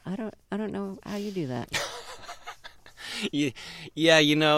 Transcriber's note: laughter